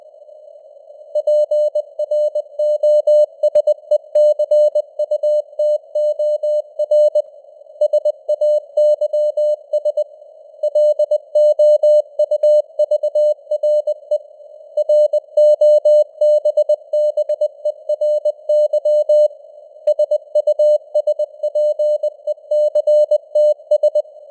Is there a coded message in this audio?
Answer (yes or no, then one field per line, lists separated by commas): yes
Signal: Morse code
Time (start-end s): 1.2-24.0 s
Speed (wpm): 20 wpm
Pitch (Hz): 600 Hz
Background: none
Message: PROSECUTOR SAYS LOUVRE ROBBERY SUSPECTS